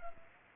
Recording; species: mosquito wingbeat signal from an infrared sensor; Culex pipiens